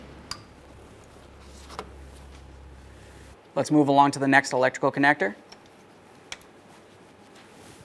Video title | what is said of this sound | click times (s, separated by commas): How to Replace Headlights 2013-2020 Ford Fusion | this is going to go right up in this area we'll press it in listen for a click | 0.3 s